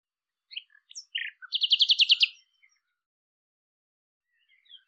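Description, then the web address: Bird song of scattered sharp chirps leading into a quick run of about nine bright repeated notes, then quiet. "cianscape birddata Deverinetal 2025"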